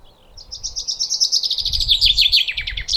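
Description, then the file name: Common chaffinch song: rapid repeated chipping notes stepping lower and lower, with a low rumble underneath. "Fringilla coelebs"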